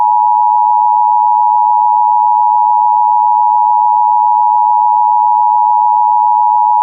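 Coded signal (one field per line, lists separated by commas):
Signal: Emergency Alert System (SAME) tones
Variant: 853 and 960 Hz attention tone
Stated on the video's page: Simulated, fictional EAS alert tones in an entertainment film scenario, not a real emergency alert.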